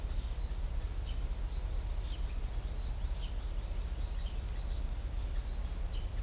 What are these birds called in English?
none